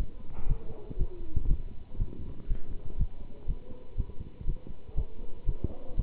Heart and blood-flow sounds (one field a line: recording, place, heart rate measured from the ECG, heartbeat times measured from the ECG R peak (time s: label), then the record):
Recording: heart sounds by stethoscope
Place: between the tricuspid and mitral areas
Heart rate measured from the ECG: 120 bpm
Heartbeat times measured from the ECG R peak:
0.47 s: heartbeat
0.97 s: heartbeat
1.47 s: heartbeat
1.97 s: heartbeat
2.47 s: heartbeat
2.97 s: heartbeat
3.46 s: heartbeat
3.96 s: heartbeat
4.45 s: heartbeat
4.95 s: heartbeat
5.45 s: heartbeat
5.96 s: heartbeat
From the record:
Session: pedaling a stationary bicycle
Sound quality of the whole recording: good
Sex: male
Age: 27 years